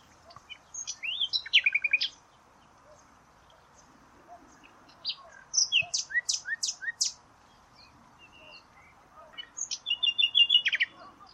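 Bird song: three phrases of rapid chattering trills and sharp high notes, each a second or two long, separated by quiet gaps.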